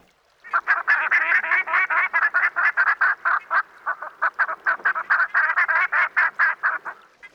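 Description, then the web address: Buff-necked ibis calling: loud grating honks repeated quickly, with a short dip in loudness midway before the series resumes. "darwin 2009. Buff Necked Ibis"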